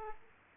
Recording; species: mosquito wingbeat signal from an infrared sensor; Aedes aegypti